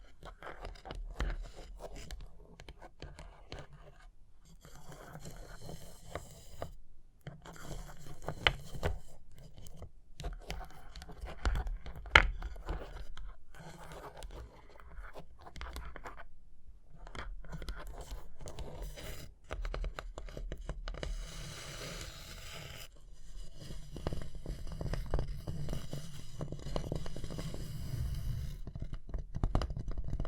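Tapping and scratching, dense irregular scrapes and crunchy taps throughout, with a low rumble underneath and brief pauses.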